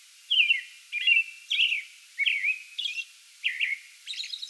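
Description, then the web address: American robin: slurred, downward whistled phrases in a steady series, ending with a thin high squeaky note. Pre-dawn song bout recorded 8 May 2022. "soundrecordings 2022-05-08 American Robin pre-dawn song bout"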